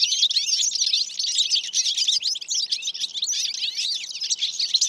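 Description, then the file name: European goldfinch in a rapid, liquid twitter of chirps and trills that carries on without pause throughout. "Carduelis carduelis"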